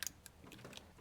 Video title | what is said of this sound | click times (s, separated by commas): 2002-2007 Jeep Liberty Front Wheel Bearing Replacement - DIY Hub & Bearing Install Guide | We'll plug it in till it snaps. | 0.1 s